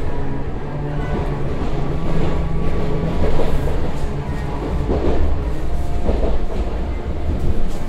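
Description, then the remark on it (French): An RER A commuter train rolls along the rails from La Défense toward its terminus at Saint-Germain-en-Laye, near Paris, with a steady low rumble and rattling, faint rhythmic clatter and metallic squeals rising and falling over a constant loud drone. “On est donc avec vous à La Défense et on va vous accompagner sur ce trajet jusqu'au terminus du RER A à Saint-Germain-en-Laye”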